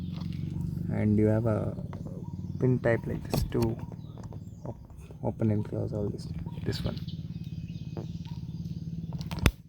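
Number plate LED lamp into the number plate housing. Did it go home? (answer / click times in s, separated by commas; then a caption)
yes / 9.5 s. Someone talks over a steady low hum while a number plate LED lamp is pushed into its opening in the car's plastic number plate housing. A sharp click sounds at 9.5 s as the lamp's spring clip locks, seating the lamp in place.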